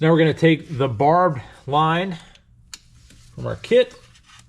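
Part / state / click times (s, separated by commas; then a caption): barbed fuel line fitting into fuel system port / not seated / none. Someone talks while a barbed fuel line fitting from a Ford Super Duty diesel disaster prevention kit (2020 and up) is handled next to a fuel system port. A sharp tick lands at about 2.7 s, then a faint one near 3.1 s. The fitting has not been pushed in or locked into position yet; nothing has seated.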